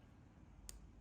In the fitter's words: I don't know if you can hear that but it's just clicked out